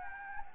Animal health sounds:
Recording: mosquito wingbeat signal from an infrared sensor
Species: Anopheles gambiae

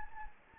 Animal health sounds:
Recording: mosquito wingbeat signal from an infrared sensor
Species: Anopheles gambiae

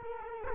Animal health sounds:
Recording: mosquito wingbeat signal from an infrared sensor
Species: Culex quinquefasciatus

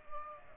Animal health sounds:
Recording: mosquito wingbeat signal from an infrared sensor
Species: Aedes aegypti

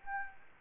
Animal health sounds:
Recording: mosquito wingbeat signal from an infrared sensor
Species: Anopheles gambiae

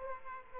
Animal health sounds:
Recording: mosquito wingbeat signal from an infrared sensor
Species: Aedes aegypti

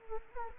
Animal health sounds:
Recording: mosquito wingbeat signal from an infrared sensor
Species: Anopheles gambiae

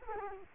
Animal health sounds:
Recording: mosquito wingbeat signal from an infrared sensor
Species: Culex quinquefasciatus

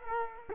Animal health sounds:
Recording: mosquito wingbeat signal from an infrared sensor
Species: Culex quinquefasciatus

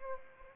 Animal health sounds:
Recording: mosquito wingbeat signal from an infrared sensor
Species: Anopheles arabiensis

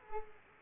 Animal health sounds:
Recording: mosquito wingbeat signal from an infrared sensor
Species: Culex quinquefasciatus

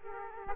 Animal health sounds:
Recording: mosquito wingbeat signal from an infrared sensor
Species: Aedes aegypti

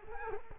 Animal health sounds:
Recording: mosquito wingbeat signal from an infrared sensor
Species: Culex quinquefasciatus

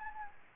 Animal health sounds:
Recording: mosquito wingbeat signal from an infrared sensor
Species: Anopheles gambiae

